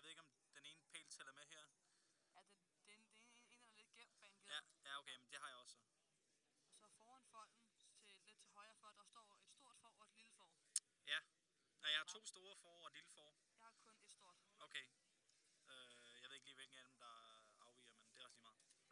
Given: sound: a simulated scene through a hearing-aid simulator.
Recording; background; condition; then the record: conversation; quiet; 55 dB SPL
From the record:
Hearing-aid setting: standard clinical setting (NAL); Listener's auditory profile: C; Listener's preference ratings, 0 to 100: 39, 37, 58